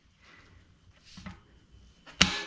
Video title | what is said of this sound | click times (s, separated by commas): Watch Me Remove A STUCK MOUNTAIN BIKE CASSETTE! -- Sram Cassette On XD FreeHub Body | There you go. Heard the first click? Hell yeah. | 2.2 s